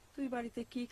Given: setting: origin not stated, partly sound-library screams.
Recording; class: one-second piece from a danger detection set; normal situation